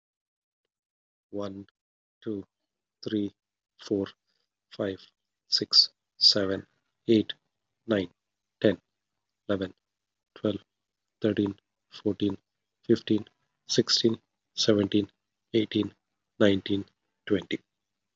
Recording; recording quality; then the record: counting at a normal pace; excellent, no background noise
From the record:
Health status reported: COVID-19 positive, mild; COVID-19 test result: positive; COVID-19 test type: RT-PCR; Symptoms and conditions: cough, cold, fever, fatigue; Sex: male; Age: 47 years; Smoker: no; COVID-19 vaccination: both doses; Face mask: worn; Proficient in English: yes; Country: India